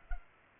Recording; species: mosquito wingbeat signal from an infrared sensor; Culex pipiens